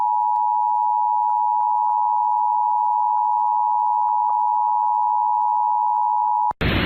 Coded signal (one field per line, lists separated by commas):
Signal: Emergency Alert System (SAME) tones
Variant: 853 and 960 Hz attention tone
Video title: WYFF-TV Required Monthly Test (EAS #720)